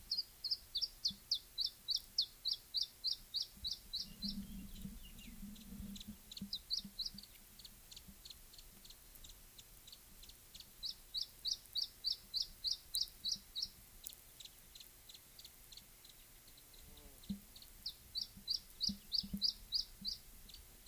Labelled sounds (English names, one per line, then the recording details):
Iberian Chiffchaff
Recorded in the wild
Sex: male
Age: adult
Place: Bei Molinar, Nordspanien, Baskenland, ES
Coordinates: 43.2167, -3.28333
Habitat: mountain side
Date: 1964-05-05 16:40
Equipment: Nagra III PH, Parabolspiegelmikrophon, LGS26
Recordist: Schneider, Hans-Joachim
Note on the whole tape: Bei Molinar zwischen La Carranza und Lanestasa in der Umgebung von Ramales de la Victoria. Phylloscopus collybita brehmii (alte Bezeichnung, inzwischen eigene Art). Rivalengesänge- und Laute. MaAs: M.Sch